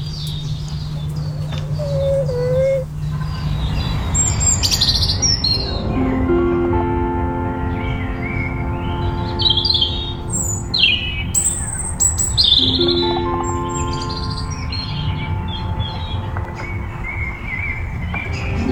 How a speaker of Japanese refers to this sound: じゃあ次聴いていただきましょう。イギリスで出会ったニワトリちゃんです。